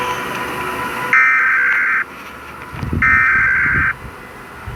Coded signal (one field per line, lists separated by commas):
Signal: Emergency Alert System (SAME) tones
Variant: header bursts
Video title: Peringan Sahurat Flipino Eas Concept